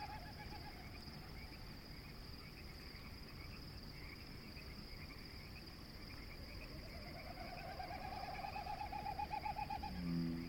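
Frogs and snipe in an evening chorus: a dense, steady bed of croaking and trilling fills the low end throughout, with a thin high whine held above it. From about eight seconds a rapid pulsing call rises, growing louder toward the end, where a low hoot-like note sounds.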